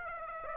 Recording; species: mosquito wingbeat signal from an infrared sensor; Aedes aegypti